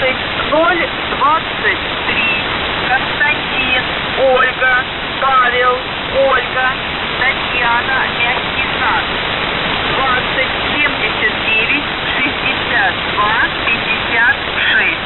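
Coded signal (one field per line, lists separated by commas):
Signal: coded military voice message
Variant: Russian, The Goose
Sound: voice reading Russian numbers and phonetic-alphabet names over hissing static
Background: radio static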